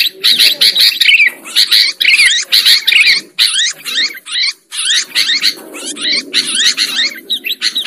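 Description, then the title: Lovebird chatter of sharp, buzzy squeaks, busy at first, then thinner and more broken toward the end. Lure sound used for trapping lovebirds. "PIKAT BURUNG LOVEBIRD"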